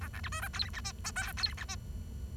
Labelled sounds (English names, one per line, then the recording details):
Bengalese Finch song
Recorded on 23 June 2012 at 10:32
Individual gr41rd51